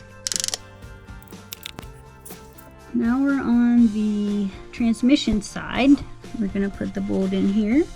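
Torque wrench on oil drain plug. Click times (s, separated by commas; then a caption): 1.5 s. A torque wrench set to 21 foot-pounds, plus or minus 1, tightens the oil drain plug on a Can-Am Spyder F3, with quick ratchet clicks around 0.3–0.5 s. The wrench gives its setting click at 1.5 s, meaning the plug has reached torque. From about 3 s onward someone talks over a steady tonal background.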